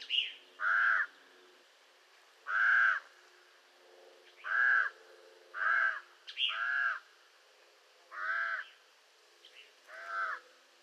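Raven calls: a run of several throaty, harmonic caws spaced a second or two apart, with a brief higher note at the start.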